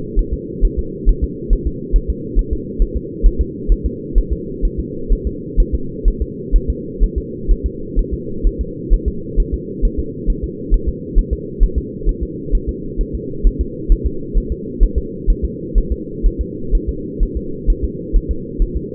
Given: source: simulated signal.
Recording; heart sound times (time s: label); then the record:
fetal heart sounds
0.19 s: S1
0.34 s: S2
0.65 s: S1
0.79 s: S2
1.09 s: S1
1.24 s: S2
1.53 s: S1
1.67 s: S2
1.96 s: S1
2.10 s: S2
2.39 s: S1
2.53 s: S2
2.82 s: S1
2.97 s: S2
3.27 s: S1
3.41 s: S2
3.72 s: S1
3.86 s: S2
4.18 s: S1
4.33 s: S2
4.65 s: S1
4.80 s: S2
5.13 s: S1
5.27 s: S2
5.60 s: S1
5.75 s: S2
6.08 s: S1
6.22 s: S2
6.56 s: S1
6.70 s: S2
7.04 s: S1
7.18 s: S2
7.52 s: S1
7.66 s: S2
7.99 s: S1
8.14 s: S2
8.47 s: S1
8.61 s: S2
8.94 s: S1
9.08 s: S2
9.40 s: S1
9.54 s: S2
9.85 s: S1
10.00 s: S2
10.30 s: S1
10.44 s: S2
10.74 s: S1
10.89 s: S2
11.19 s: S1
11.33 s: S2
11.63 s: S1
11.78 s: S2
12.09 s: S1
12.23 s: S2
12.55 s: S1
12.69 s: S2
13.01 s: S1
13.15 s: S2
13.47 s: S1
13.61 s: S2
13.92 s: S1
14.07 s: S2
14.38 s: S1
14.52 s: S2
14.83 s: S1
14.98 s: S2
15.30 s: S1
15.45 s: S2
15.78 s: S1
15.92 s: S2
16.26 s: S1
16.41 s: S2
16.75 s: S1
16.89 s: S2
17.23 s: S1
17.37 s: S2
17.70 s: S1
17.84 s: S2
18.17 s: S1
18.31 s: S2
18.62 s: S1
18.77 s: S2
From the record:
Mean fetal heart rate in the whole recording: 130 bpm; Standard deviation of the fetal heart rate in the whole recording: 4 bpm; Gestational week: 38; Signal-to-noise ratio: -4.3 dB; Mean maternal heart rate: 72 bpm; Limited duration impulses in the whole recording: absent